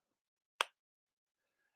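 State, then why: Seated. The plastic flip lid of a plastic seasoning shaker container is snapped shut, giving one sharp, bright snap at 0.6 seconds against near silence. The lid seats closed.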